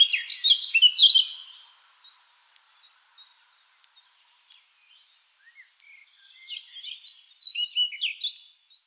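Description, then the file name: Eurasian blackcap warbling: a loud burst at the start, a long near-silent gap with scattered soft notes, then another warbled phrase. "Sylvia atricapilla"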